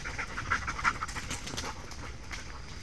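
Dog panting rapidly with rhythmic, breathy huffs; no other sounds stand out.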